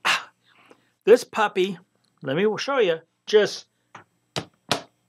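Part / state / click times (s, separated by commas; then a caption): magnetic light modifier onto round flash head / seated / 4.4 s, 4.7 s. Someone talks, then snaps a magnetic light modifier onto the round head of a Profoto A10 portable flash, pulls it off, and snaps it back on, which takes strength because of its rare earth magnets. Sharp clicks at 4.4 s and 4.7 s show the modifier seating in place.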